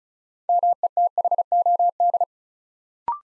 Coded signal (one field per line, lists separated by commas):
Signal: Morse code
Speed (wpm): 36 wpm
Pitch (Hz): 700 Hz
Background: none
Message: METHOD